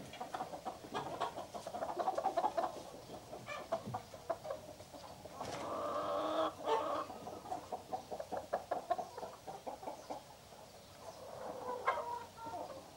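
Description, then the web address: Chickens clucking and cackling in a hen house, a busy mix of short irregular clucks with louder drawn-out squawks around the middle and near the end. Hen house atmosphere. "Sound Effects-BBC Chickens"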